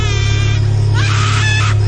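A woman howls in pain, two drawn-out, high-pitched wailing cries with a short break between them, heard over a steady low hum.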